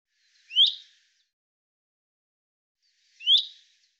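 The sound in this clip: Common chaffinch calls: two short, sharp upslurred notes about two and a half seconds apart, otherwise silent.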